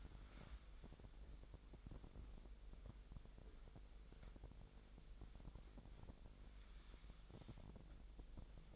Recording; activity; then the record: daily activity, microphone in the room; wipe stove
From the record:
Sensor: 5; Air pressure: 1001.0 hPa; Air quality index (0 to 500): 246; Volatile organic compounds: 34 ppm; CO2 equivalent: 3035 ppm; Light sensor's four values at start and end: 29/66/27/25 and 30/67/27/26